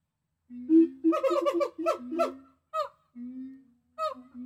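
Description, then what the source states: Gibbons hooting low while quick, chattering rising notes tumble over them, followed by a few spaced calls and a long low hoot. Several gibbons.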